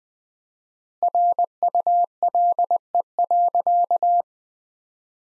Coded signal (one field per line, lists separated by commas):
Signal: Morse code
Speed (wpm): 20 wpm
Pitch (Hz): 700 Hz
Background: none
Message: RULE.